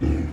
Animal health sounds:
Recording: pig call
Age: growing-finishing pig (85 days or more)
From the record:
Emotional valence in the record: negative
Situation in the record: barren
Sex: female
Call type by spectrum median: low-frequency call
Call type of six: low-frequency stable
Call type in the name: low-frequency stable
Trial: 2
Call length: 0.33 s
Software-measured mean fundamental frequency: 44 Hz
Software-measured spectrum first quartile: 81 Hz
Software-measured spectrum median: 175 Hz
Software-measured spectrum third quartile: 328 Hz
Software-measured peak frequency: 280 Hz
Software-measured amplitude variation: 117 dB a second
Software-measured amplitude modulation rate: 29.0 a second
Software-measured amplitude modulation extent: 4.0 dB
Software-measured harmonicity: -1.7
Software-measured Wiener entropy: -0.94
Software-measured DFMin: 679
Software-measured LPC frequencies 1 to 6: 305, 1912, 2434, 4227, 5133, 6948 Hz

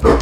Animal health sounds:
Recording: pig call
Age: growing-finishing pig (85 days or more)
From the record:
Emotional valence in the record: positive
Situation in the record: run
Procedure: transit

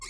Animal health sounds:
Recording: pig call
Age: weaner (32 to 43 days)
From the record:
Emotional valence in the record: negative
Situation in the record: novel object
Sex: female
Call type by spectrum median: high-frequency call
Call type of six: high-frequency stable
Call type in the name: high-frequency stable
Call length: 0.10 s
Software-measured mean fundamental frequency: 217 Hz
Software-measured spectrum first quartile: 1419 Hz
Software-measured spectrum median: 4052 Hz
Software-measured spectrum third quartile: 6772 Hz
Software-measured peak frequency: 1062 Hz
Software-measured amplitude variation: 45 dB a second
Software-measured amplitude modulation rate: 19.0 a second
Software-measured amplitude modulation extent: 2.4 dB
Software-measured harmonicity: 5.7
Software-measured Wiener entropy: -2.64

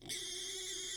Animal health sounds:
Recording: pig call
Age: weaner (32 to 43 days)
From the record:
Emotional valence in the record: negative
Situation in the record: restrain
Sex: male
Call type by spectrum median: high-frequency call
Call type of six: mixed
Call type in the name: high-frequency stable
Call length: 0.96 s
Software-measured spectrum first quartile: 2866 Hz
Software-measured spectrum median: 4749 Hz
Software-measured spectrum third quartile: 7045 Hz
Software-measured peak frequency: 3499 Hz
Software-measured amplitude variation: 63 dB a second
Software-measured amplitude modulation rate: 29.5 a second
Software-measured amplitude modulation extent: 2.1 dB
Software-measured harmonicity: 2.4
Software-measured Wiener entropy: -1.96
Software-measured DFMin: 1514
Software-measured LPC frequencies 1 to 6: 397, 2087, 3283, 3589, 4643, 5197 Hz

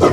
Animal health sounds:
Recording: pig call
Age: growing-finishing pig (85 days or more)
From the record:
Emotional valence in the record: positive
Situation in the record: run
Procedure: transit

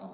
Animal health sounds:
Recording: pig call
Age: piglet (1 to 25 days)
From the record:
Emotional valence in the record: negative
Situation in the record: short isolation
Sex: female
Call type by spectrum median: low-frequency call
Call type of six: low-frequency stable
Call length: 0.14 s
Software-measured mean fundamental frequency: 49 Hz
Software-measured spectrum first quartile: 220 Hz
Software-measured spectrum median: 495 Hz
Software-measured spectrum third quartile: 848 Hz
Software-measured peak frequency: 196 Hz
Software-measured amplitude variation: 81 dB a second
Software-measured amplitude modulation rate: 7.2 a second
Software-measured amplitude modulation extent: 11.2 dB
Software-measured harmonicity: 2.6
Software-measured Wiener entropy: -0.15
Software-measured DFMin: 1235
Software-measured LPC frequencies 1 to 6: 686, 2391, 4011, 4869, 5768, 6718 Hz

